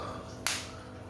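After a new CR2032 battery is fitted, the two plastic halves of a Mitsubishi Pajero Sport car key fob are pressed together over the battery compartment. They snap shut with one sharp click at 0.5 s, which is the sound you want to hear. The shell is fully seated and closed.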